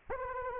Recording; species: mosquito wingbeat signal from an infrared sensor; Anopheles arabiensis